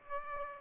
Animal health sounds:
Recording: mosquito wingbeat signal from an infrared sensor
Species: Aedes aegypti

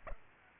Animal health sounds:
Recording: mosquito wingbeat signal from an infrared sensor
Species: Aedes aegypti

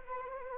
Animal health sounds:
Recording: mosquito wingbeat signal from an infrared sensor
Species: Anopheles arabiensis

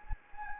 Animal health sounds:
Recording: mosquito wingbeat signal from an infrared sensor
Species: Anopheles gambiae

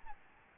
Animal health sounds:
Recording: mosquito wingbeat signal from an infrared sensor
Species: Aedes albopictus

